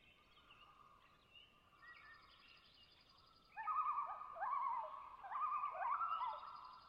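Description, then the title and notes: Common loon tremolo, wavering laughing notes building loudly in the second half, with softer bird calls and thin high tones earlier. Pair tremolo on a clear lake in hilly spruce boreal taiga, Long Lake, Talkeetna, Alaska, spring night at twilight, 49-61°F, light to no wind; double mid-side stereo recording. "Common Loon - Gavia Immer - pair tremolo. Long Lake, Talkeetna, AK"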